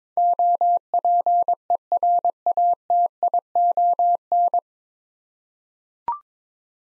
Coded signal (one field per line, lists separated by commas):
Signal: Morse code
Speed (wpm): 21 wpm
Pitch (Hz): 700 Hz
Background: none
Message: OPERATION